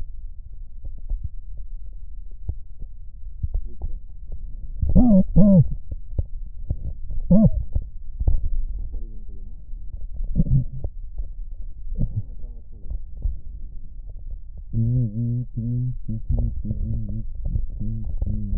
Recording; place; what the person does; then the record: lung sounds by stethoscope; right posterior apical chest; quiet breathing, then cough and speech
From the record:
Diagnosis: none (healthy); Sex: male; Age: 35 years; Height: 186 cm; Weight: 108 kg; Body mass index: 31.2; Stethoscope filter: extended mode